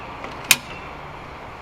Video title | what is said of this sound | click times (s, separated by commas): Jeep JL Door Uninstall and Installation of DV8 Rock Tube Doors | hear it click | 0.5 s